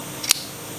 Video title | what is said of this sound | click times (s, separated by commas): Garage Vlog 5 - Done clip, working on new handle | There you go, that's a satisfying click. | 0.3 s